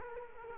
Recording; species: mosquito wingbeat signal from an infrared sensor; Culex quinquefasciatus